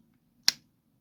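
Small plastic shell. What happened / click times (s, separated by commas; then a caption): The plastic key shell snapped together / 0.5 s. After the spring and button are fitted, the plastic upper shell half of a Mercedes-Benz 2-button flip-blade key fob is pressed onto the lower shell over the pin. One sharp, loud snap rings out at 0.5 s and fades within about a tenth of a second over a faint low hum. The shell halves are seated together.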